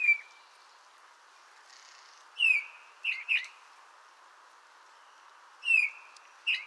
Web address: SETE Pyrrhula pyrrhula